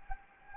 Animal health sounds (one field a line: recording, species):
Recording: mosquito wingbeat signal from an infrared sensor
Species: Anopheles gambiae